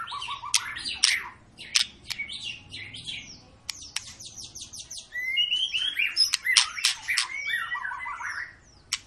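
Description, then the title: White-rumped shama song, a busy jumble of sharp clicks, rapid chattering notes and short whistles over faint background noise. Long, lively singing used as a lure recording to make other birds sing. "Pancingan Murai Batu Gacor Panjang"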